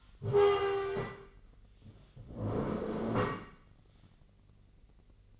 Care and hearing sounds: daily activity, microphone in the room; stand up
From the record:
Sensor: 4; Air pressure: 1013.1 hPa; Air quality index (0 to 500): 176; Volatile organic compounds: 2 ppm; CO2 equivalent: 1107 ppm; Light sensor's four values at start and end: 50/123/52/56 and 50/123/52/56

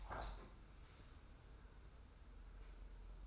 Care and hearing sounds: daily activity, microphone in the room; open window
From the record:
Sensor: 2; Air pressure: 990.2 hPa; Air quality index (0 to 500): 193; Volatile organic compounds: 1000 ppm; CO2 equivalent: 6148 ppm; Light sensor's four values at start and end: 23/55/22/22 and 24/56/23/23

